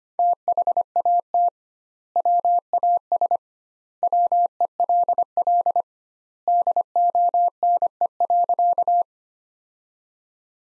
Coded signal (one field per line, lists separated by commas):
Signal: Morse code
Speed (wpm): 25 wpm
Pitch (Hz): 700 Hz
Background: none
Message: THAT WAS WELL DONE.